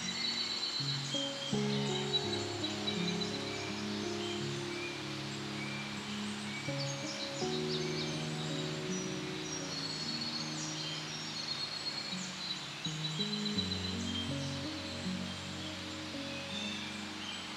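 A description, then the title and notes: Soft, slowly shifting music chords sit beneath a steady forest wind rustle, while small birds chirp brightly and often throughout. Soothing MUSIC and the Sound of the FOREST. The gentle bird songs and the calming rustle of the wind in the forest. The authentic sounds of the forest are interlaced with soft music.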